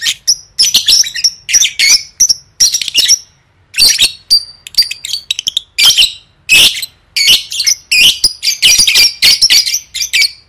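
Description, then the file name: Lovebird calls: harsh, high-pitched squawks and chirps in rapid bursts, with short pauses between groups throughout. "tieng vet mau don"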